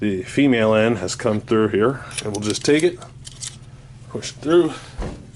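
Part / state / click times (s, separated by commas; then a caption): hinge pin into receiver hinge / not seated / none. Someone talks while handling the hinge pin of an M60 machine gun, working it into the receiver hinge, with the female end through and the pin being pushed through. Short handling sounds break up the speech, including a brief sharp tick near 3.3 s. The clip ends before the pin goes home, and nothing has seated or clicked into place yet.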